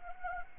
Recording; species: mosquito wingbeat signal from an infrared sensor; Anopheles gambiae